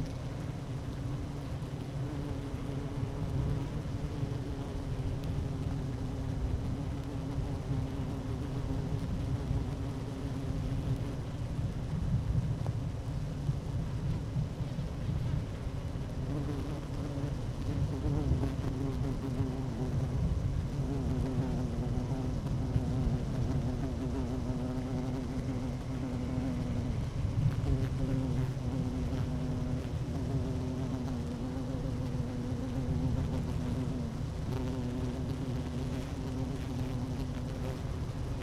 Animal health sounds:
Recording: honeybee colony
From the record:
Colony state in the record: active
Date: 12 June 2018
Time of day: 11:56

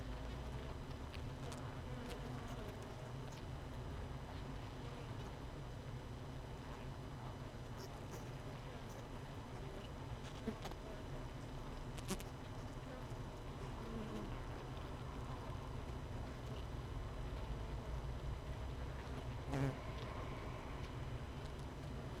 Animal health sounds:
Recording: honeybee colony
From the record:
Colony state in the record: missing queen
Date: 31 May 2018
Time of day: 17:39

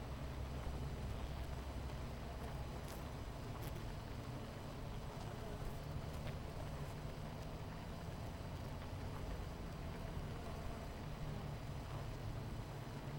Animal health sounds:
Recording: honeybee colony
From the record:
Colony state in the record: missing queen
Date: 14 July 2017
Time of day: 10:23

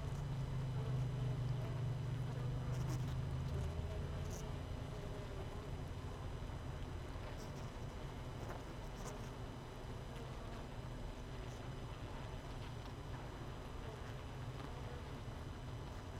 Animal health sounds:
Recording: honeybee colony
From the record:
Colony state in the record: missing queen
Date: 31 May 2018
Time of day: 18:09

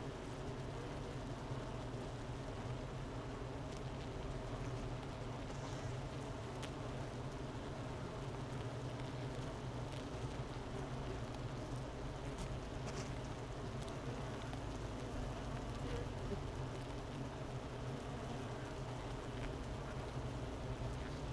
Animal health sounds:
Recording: honeybee colony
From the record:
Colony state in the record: missing queen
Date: 31 May 2018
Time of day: 11:34

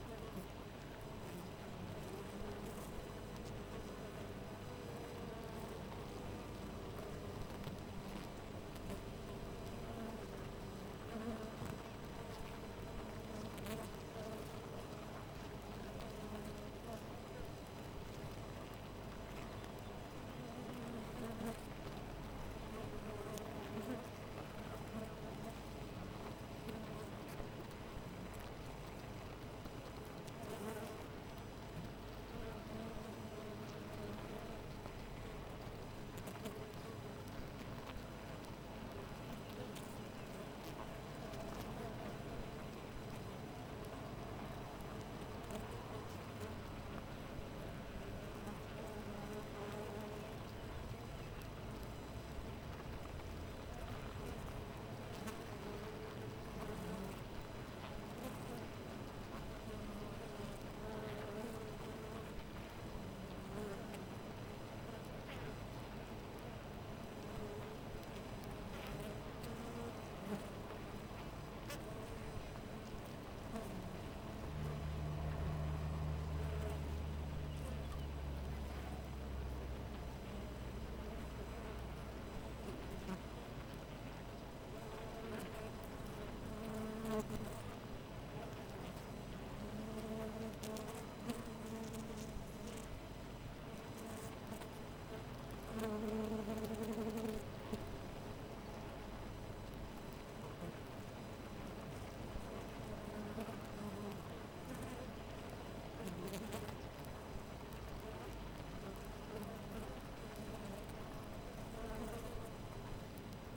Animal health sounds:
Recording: honeybee colony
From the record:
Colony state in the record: missing queen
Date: 14 July 2017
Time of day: 5:11

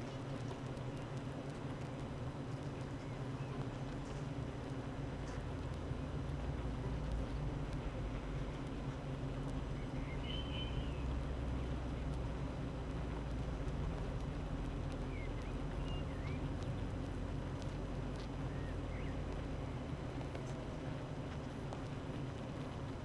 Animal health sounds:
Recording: honeybee colony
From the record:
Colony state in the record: active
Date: 12 June 2018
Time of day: 8:43

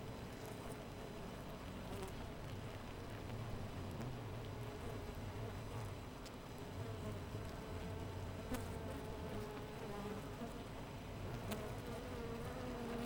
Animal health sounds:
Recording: honeybee colony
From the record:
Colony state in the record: missing queen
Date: 14 July 2017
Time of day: 4:57

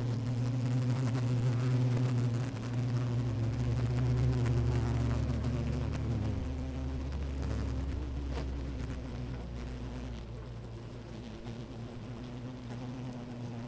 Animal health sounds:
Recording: honeybee colony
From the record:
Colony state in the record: active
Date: 28 July 2017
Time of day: 11:25

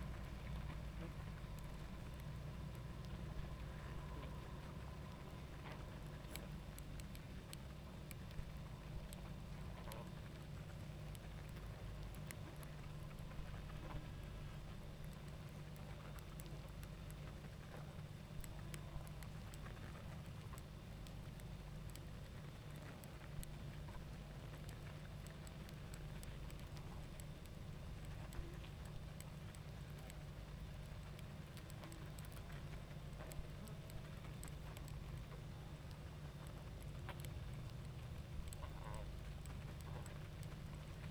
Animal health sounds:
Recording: honeybee colony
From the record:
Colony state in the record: active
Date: 28 July 2017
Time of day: 20:44

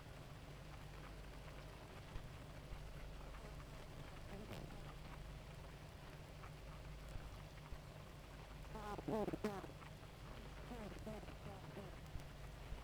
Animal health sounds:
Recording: honeybee colony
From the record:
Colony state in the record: active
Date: 28 July 2017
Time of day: 2:50

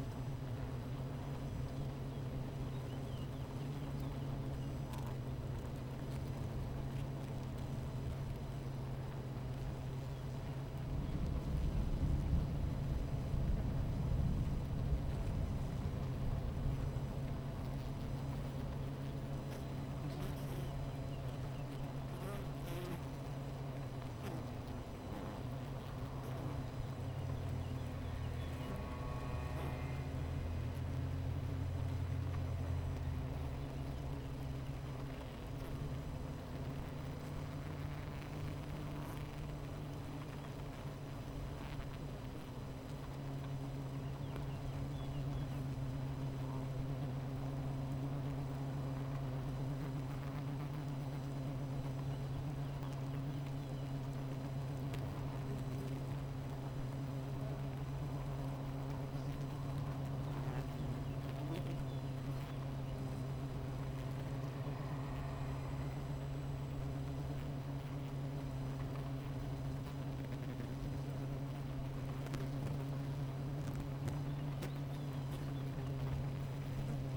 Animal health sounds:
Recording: honeybee colony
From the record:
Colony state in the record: missing queen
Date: 14 July 2017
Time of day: 11:12

